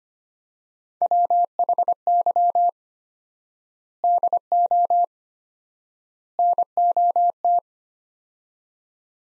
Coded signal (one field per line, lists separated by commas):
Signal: Morse code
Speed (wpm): 25 wpm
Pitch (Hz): 700 Hz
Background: none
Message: WHY DO NOT